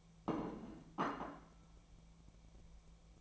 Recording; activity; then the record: daily activity, microphone in the room; place plate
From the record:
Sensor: 1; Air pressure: 1000.3 hPa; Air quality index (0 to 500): 145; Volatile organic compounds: 3 ppm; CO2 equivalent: 1366 ppm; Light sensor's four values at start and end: 29/72/31/37 and 29/72/31/37